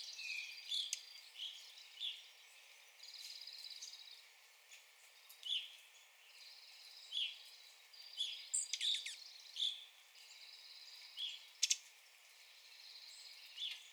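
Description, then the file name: Evening grosbeak calls: many short, clear chirping notes scattered throughout, with other high, buzzy bird sounds and a brief rattle of clicks. Recorded 9 April 2021. "2021-04-09 Evening Grosbeak"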